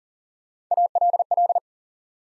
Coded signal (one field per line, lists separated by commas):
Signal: Morse code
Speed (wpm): 40 wpm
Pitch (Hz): 700 Hz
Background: none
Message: ALL